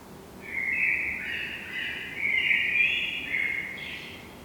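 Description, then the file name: Eurasian blackbird singing one long, continuous, warbling flute-like phrase that rises into a brief high squeak at the end. "Turdus merula"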